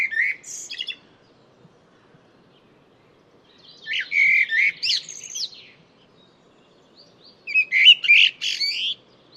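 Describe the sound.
Bird song: three brief jumbled phrases of chirps and whistles, spaced a few seconds apart in a quiet background.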